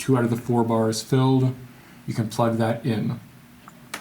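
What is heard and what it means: Someone talks while a V-mount battery with two of its four charge bars lit is handled toward a camera's battery plate, ready to be plugged onto the mount. Two short, sharp handling sounds occur near the end, around 3.7 and 3.9 seconds. The battery has not yet seated or clicked into place when the clip ends.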